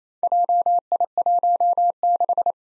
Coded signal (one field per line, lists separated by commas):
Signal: Morse code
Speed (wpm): 28 wpm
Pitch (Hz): 700 Hz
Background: none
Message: JI16